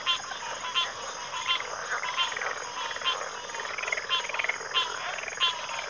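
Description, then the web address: Cricket chorus forming an unbroken high ringing trill, overlaid by dense, overlapping rasping and pulsed calls from other animals that fill the background. Cricket chorus recorded at a backwater. "Natures Songs Sleep Sounds of Nature CRICKETS Backwater Chorus"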